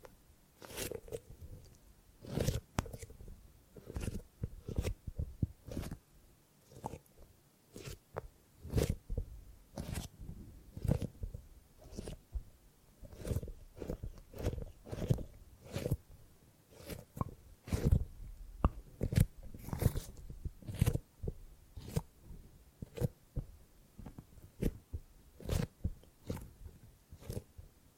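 Gripping and grabbing sounds: sharp crisp clicks and crunchy snaps with soft thuds, coming irregularly about once or twice a second throughout.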